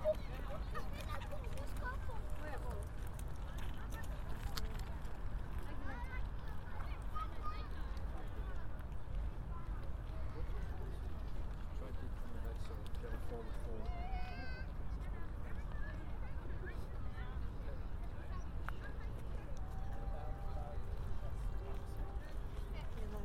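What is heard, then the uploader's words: A walk through Hyde Park toward the winter carnival, with a steady mix of crowd chatter and a constant low rumble throughout. Voices overlap densely, and around the middle a few wavering high whistle-like tones rise above the murmur. A binaural field recording in Hyde Park, walking from just outside the Serpentine to the winter carnival.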